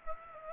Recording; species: mosquito wingbeat signal from an infrared sensor; Aedes aegypti